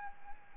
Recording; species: mosquito wingbeat signal from an infrared sensor; Anopheles arabiensis